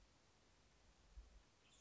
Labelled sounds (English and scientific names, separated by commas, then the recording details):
Western Tanager (Piranga ludoviciana)
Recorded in Sonoma County, California